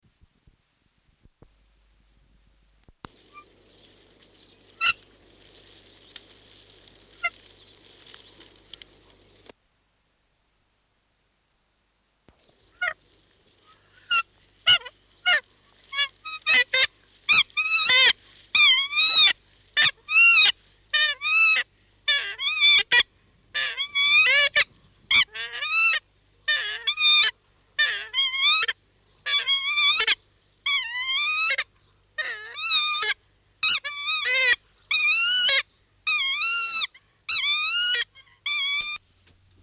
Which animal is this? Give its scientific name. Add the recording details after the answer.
Porphyrio hochstetteri. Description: Takahē song. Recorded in New Zealand